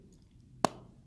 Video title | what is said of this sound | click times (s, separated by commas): Why We Love Simon G.'s Buckle Bracelet Collection | we hear that snap and then you close | 0.6 s